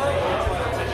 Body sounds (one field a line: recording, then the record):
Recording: background sound without coughing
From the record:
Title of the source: CITY SOUNDS Busy Bar in the Evening Night - 2 HOURS of Ambiance for Relaxation